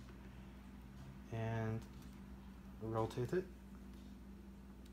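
A metal K&F Concept Nikon G mount to Sony E mount lens adapter is lined up by its alignment dots and rotated in a camera's bayonet mount while someone talks. Only faint, brief handling sounds are heard near 3.8 s and 4.9 s over a steady low hum. Nothing has seated or clicked yet.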